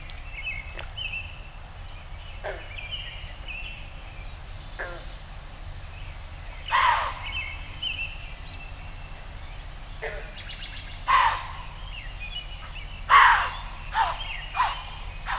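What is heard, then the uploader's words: Birds call at dawn in a backyard over a steady low hum. Faint whistles drift through the first few seconds, then sharper, louder chirps arrive near seven, eleven and thirteen seconds, with a few quick notes closing the clip. Dawn Recording in My Backyard. As always, the Zoom F6 and Audio Technica BP 4025 microphone performed flawlessly. I am very fortunate to live on a small inland lake in northern Michigan.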